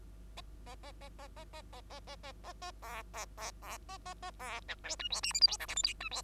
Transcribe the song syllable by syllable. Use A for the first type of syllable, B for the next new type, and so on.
A A A A A A A A A A A A B B B B A A A B C D E F G H I J K L M N E F